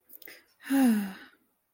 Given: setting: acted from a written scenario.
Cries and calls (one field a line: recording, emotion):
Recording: vocal sound without words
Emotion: serenity